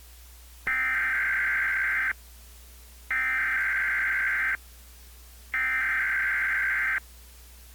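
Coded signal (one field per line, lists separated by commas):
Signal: Emergency Alert System (SAME) tones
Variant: header bursts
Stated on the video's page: Fictional simulated EAS scenario using valid Emergency Alert System tones.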